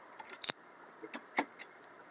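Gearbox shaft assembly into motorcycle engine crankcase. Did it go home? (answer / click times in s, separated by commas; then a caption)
yes / 0.4 s. A gearbox main and counter shaft assembly for a Honda Livo, Yuga, Dream Neo or CD110 motorcycle is eased into the engine case half and set in place. A few light metallic ticks and knocks come before a sharp metallic knock at 0.4 s, followed by softer clinks. The gearbox shaft assembly ends up seated well in the engine case.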